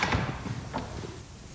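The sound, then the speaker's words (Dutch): The door of a small silence cabin at a monastery swings shut with a dull wooden thump, followed a moment later by a softer click of the latch, then a low, quiet hum fills the remaining stillness. “Als je binnenkomt en je doet de deur dicht, is bijna helemaal stil.”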